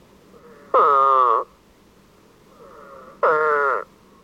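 Eastern spadefoot call: two loud, nasal, buzzy groans, each well under a second long, about two and a half seconds apart.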